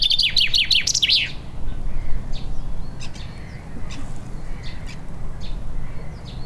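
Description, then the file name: Common chaffinch giving a quick run of several bright notes in the first second or so, then soft scattered clicks over a steady low rumble. "Fringilla coelebs"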